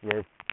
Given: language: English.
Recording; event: throat vibration sensor signal played as sound; speech